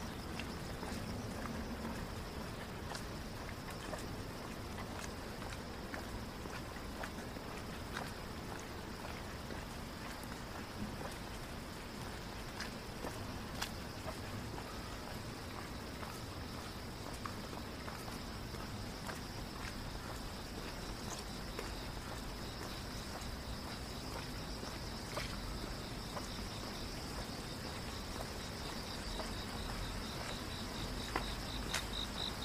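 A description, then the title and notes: A rainy downtown night walk: a steady hiss of rain and passing traffic rumble, with scattered sharp drips and clicks throughout. Going For A Walk Downtown on A Rainy Night.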